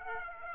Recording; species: mosquito wingbeat signal from an infrared sensor; Aedes aegypti